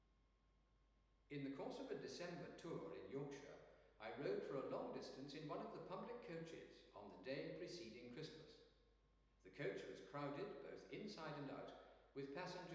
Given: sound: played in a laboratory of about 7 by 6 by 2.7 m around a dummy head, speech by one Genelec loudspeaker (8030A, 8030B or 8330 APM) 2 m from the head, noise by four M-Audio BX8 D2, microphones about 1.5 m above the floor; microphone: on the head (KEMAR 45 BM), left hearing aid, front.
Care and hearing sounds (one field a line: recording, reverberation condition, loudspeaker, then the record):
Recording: male speech in English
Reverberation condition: high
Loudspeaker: 60 degrees to the left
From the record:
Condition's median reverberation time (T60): about 1300 ms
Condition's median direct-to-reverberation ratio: about -4.0 dB